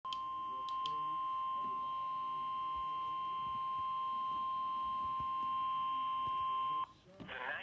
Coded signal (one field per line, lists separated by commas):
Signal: Emergency Alert System (SAME) tones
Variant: 1050 Hz attention tone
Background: speech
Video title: Severe Thunderstorm Warning On WXL40 7/11/21 (EAS #743)